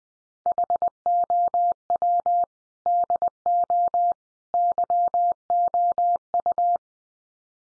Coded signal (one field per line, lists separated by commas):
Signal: Morse code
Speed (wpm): 20 wpm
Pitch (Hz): 700 Hz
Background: none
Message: HOW DO YOU